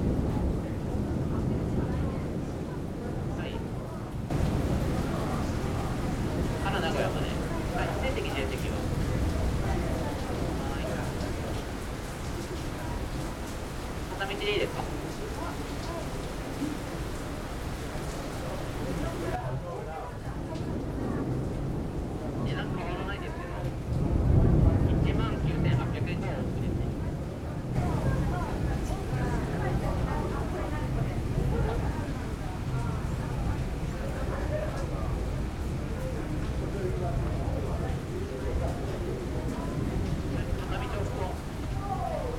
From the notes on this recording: Laundromat Osaka